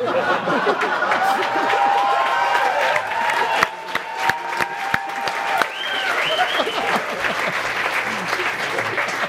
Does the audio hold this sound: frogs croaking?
no